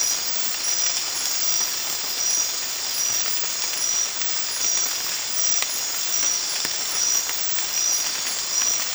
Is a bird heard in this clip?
no